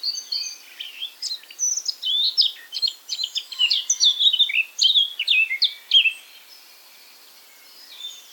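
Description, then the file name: Eurasian blackcap song: a busy, jumbled warble of quick high chirps and slurs lasting about six seconds, then near-silence with a faint note. "Sylvia atricapilla"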